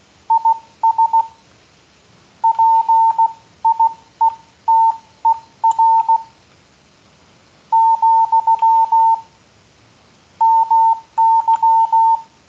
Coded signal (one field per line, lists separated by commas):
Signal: Morse code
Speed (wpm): 16 wpm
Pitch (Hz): 900 Hz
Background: none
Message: IS PIETER , MY